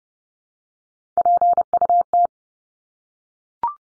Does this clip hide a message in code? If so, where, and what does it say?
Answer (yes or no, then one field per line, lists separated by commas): yes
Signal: Morse code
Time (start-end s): 1.2-2.3 s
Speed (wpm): 30 wpm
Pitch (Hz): 700 Hz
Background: none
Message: PUT